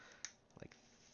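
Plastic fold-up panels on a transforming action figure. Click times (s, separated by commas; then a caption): 0.2 s. Plastic fold-up panels on a Transformers Studio Series Buzzworthy Bumblebee Rise of the Beasts Voyager Class Optimus Prime action figure are folded up during its transformation. A sharp, bright snap at 0.3 s marks the panels seating into place, followed by a few softer plastic clicks and taps around 0.6 to 0.7 s.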